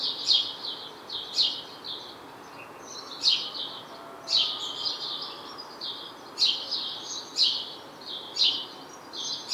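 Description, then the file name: House sparrow chirping, bright harsh notes in bursts of one to three about once a second, with a steady faint background hiss. "Passer domesticus"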